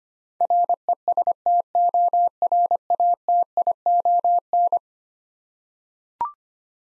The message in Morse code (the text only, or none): RESTORATION